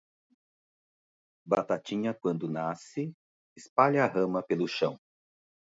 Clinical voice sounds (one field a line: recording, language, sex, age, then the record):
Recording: short text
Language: Brazilian Portuguese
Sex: male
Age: 40 to 49 years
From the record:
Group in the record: control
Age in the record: 49 years